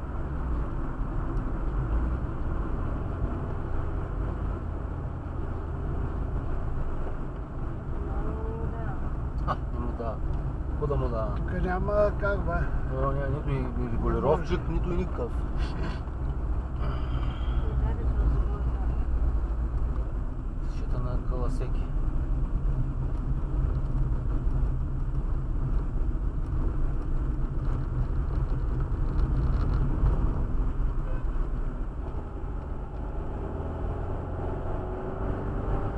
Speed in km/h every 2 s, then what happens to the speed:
53, 50, 48, 44, 38, 35, 38, 40, 37, 35, 33, 32, 35, 32, 38, 40, 47, 59.
0-10 slows to 35. 14-21 slows to 32. 21-26 steady at about 32. 26-36 speeds up to 59.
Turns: 18-30.